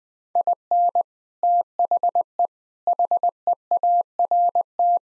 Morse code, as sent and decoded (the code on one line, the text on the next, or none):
.. -. / - .... . / .... . .- .-. -
IN THE HEART